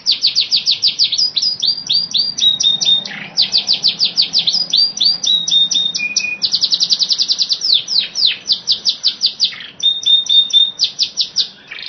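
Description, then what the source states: Bird song, fast chattering run of high downslurred notes interspersed with short level whistles, delivered almost without pause. Masteran, a training song played to cage birds.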